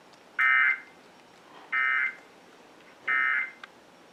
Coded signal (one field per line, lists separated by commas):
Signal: Emergency Alert System (SAME) tones